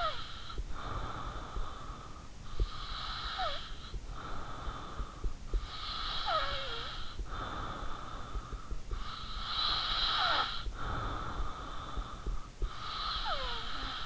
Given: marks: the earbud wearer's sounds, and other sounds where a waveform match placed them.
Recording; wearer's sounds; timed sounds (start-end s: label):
sounds in sleep by an in-ear microphone; snoring breath
0.00-14.05 s: snoring breath